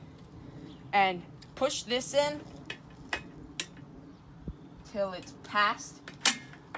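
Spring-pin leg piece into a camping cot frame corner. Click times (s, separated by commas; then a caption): 6.3 s. A leg or connector piece of a camping cot frame is pushed into its corner socket until the spring pin passes. Someone talks over soft handling clicks and knocks. At 6.3 s a sharp click is heard as the spring pin pops out, and the piece is seated.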